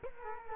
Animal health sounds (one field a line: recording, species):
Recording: mosquito wingbeat signal from an infrared sensor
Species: Culex quinquefasciatus